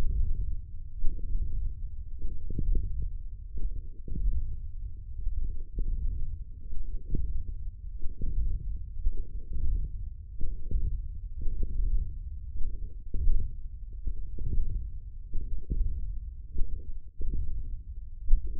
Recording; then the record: forearm muscle sounds (acoustic myography)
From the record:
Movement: hand closing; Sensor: system 1, eight BSWA MPA416 microphones around the upper forearm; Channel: 7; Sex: male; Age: 20 years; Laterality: left